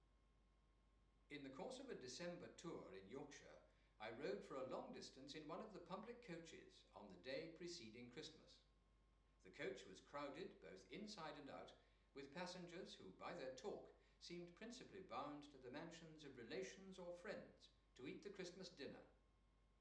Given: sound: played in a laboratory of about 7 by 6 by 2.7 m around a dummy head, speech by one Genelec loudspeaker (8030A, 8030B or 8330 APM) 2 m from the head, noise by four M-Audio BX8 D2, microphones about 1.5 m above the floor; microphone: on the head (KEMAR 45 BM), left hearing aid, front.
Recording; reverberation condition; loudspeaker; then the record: male speech in English; medium; 30 degrees to the left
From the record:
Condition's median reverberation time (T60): about 510 ms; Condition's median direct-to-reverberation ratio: about -0.5 dB